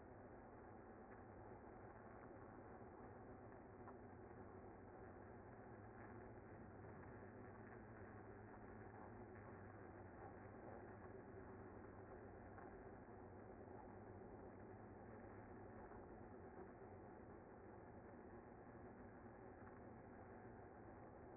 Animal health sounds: honeybee colony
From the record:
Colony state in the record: active

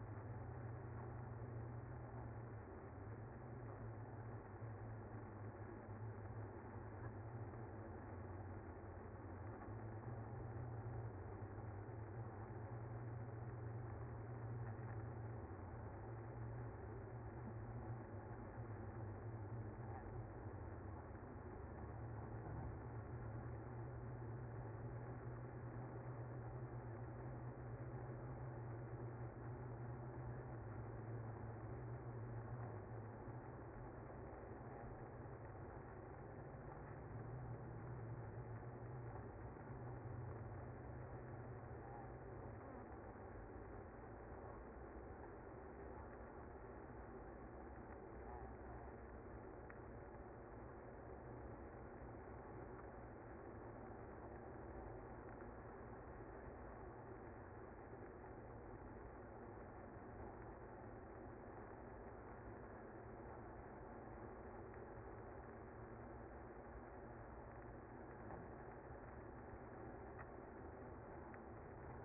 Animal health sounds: honeybee colony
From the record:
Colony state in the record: active

